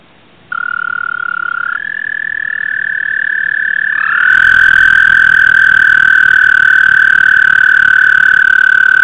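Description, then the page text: American toad trills begin after a short silence, a steady high musical trill joined by overlapping trills at slightly different pitches that grow louder and continue. "звуки амфибий - Bufo americanus"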